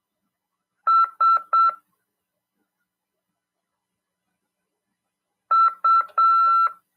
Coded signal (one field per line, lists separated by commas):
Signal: Morse code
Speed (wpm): 7 wpm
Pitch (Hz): 1340 Hz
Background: none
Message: S U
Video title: RADIOAMADOR 2ªED 2/12/2022 "AULA 39: CW, LEGISLA e C.RODADA" FM 146.410 Mhz PY2EXU PAULO CRASP/RAF.